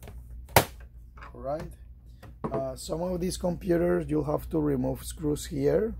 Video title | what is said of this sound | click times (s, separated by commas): How to Open an HP Pavilion 20 AIO Desktop to replace fan | you'll hear like click right | 0.6 s